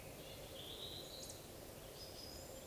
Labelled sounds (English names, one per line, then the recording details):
Eurasian Woodcock whistle
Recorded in Baden-Württemberg, Germany, on 11 June 2020 at 19:52 UTC
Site 41501, 195 m above sea level